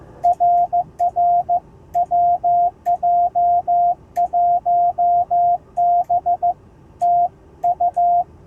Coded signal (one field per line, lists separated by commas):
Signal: Morse code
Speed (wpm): 14 wpm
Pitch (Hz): 700 Hz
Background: none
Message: RR WJ1B TU